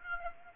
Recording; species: mosquito wingbeat signal from an infrared sensor; Aedes aegypti